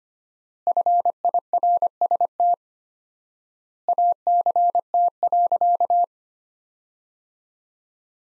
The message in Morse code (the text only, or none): FIRST ACT.